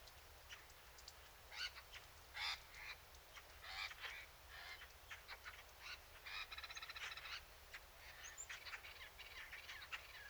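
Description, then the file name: Eurasian blackcap song, short bursts of rapid warbled and chattering notes repeated throughout, with a steady low rumble beneath. "Sylvia atricapilla"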